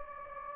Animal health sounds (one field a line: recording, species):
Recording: mosquito wingbeat signal from an infrared sensor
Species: Anopheles gambiae